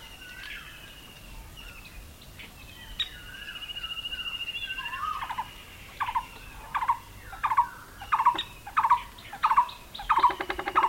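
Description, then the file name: Fulvous-breasted woodpecker calls: abrupt, clipped notes building into a steady series near the end, over thin whistles and chatter from other birds. "Dendrocopos macei - Fulvous-breasted Woodpecker"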